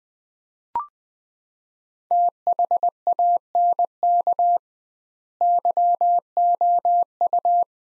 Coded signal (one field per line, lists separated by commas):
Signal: Morse code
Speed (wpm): 21 wpm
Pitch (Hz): 700 Hz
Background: none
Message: THANK YOU